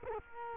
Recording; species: mosquito wingbeat signal from an infrared sensor; Culex quinquefasciatus